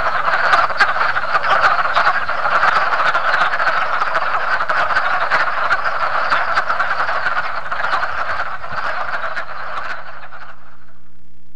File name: Wood Frog